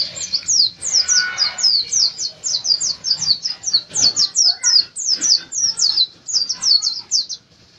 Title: pleci Dakun Bali Ngerol Gacor Teler Juara Nasional